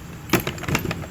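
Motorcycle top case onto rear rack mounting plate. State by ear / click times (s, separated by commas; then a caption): not seated / none. A GIVI DLM30A Dolomiti hard plastic motorcycle top case is pushed onto its rear rack mounting plate on a Forza to lock it. Several short knocks and rattles sound, the strongest near 0.3 s and 0.8 s. Nothing has seated or clicked yet.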